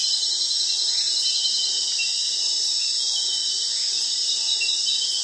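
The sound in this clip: Crickets trill continuously in a high, dense chorus with several overlapping pitches, holding steady for the whole stretch.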